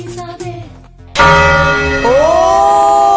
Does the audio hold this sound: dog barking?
no